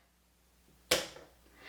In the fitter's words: Once you hear that click, your pen is correctly in place.